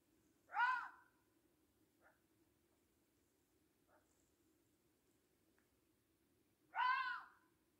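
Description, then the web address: Red fox gives two rough, harmonic barks about six seconds apart, with faint soft clicks between them and a constant low hum beneath. "comment le renard crie"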